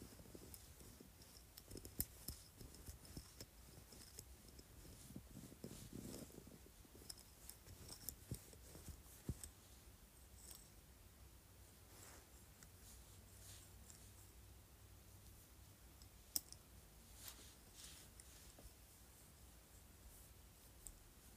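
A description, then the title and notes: A jade roller rolls and clicks in short bursts, with sharp little ticks scattered throughout and a few louder snaps near 2, 9 and 16 seconds. A low rumble hums underneath, busier in the first seven seconds and steadier after that. ASMR Jade Roller.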